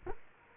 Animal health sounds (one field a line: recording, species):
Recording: mosquito wingbeat signal from an infrared sensor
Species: Culex quinquefasciatus